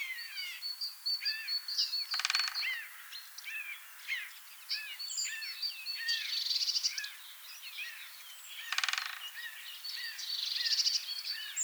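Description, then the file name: Eurasian jay giving two harsh, rasping screeches several seconds apart, over a busy chorus of thin chirps and whistles from other birds. "Garrulus glandarius"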